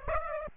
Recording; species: mosquito wingbeat signal from an infrared sensor; Aedes aegypti